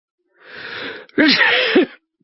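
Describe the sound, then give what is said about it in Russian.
A single sneeze from a man, the police chief of Margrave: a breathy, hissing build-up followed by a loud, voiced burst with a rising and falling tone, then silence. “«Моя фамилия Моррисон», — чихнув, объявил мне начальник.”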